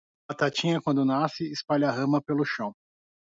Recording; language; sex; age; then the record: short text; Brazilian Portuguese; male; 30 to 39 years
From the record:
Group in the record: control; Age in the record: 36 years